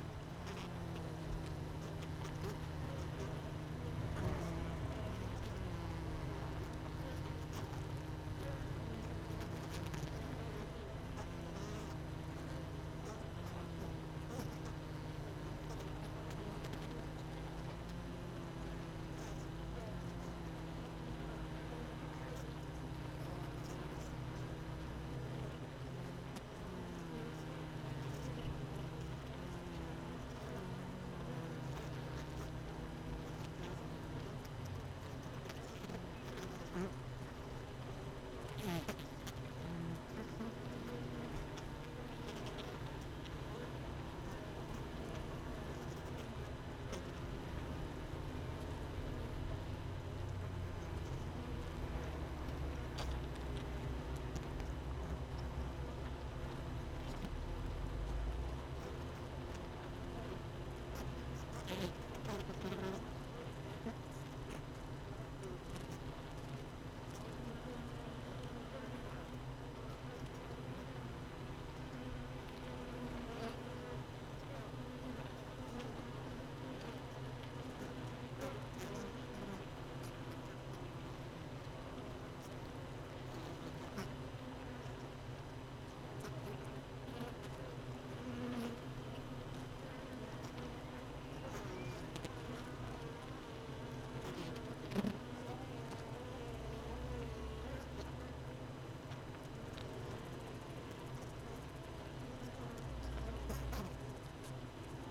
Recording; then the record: honeybee colony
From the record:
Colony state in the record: missing queen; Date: 31 May 2018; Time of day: 16:53